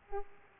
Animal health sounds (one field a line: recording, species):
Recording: mosquito wingbeat signal from an infrared sensor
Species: Aedes aegypti